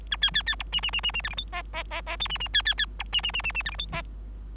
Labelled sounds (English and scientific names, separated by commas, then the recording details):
Bengalese Finch (Lonchura striata domestica) song
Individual Bird3